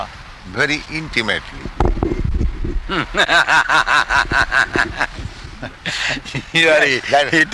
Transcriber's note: laughs